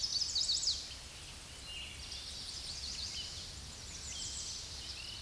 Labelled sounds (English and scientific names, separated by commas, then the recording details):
American Redstart (Setophaga ruticilla) song
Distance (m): 50 m
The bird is about 10 m above the microphone
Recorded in a Pennsylvania forest on 16 May 2024 at 07:41
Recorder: AudioMoth, point MSD-1419
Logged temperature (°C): 16.9 °C
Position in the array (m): 127 m, 215 m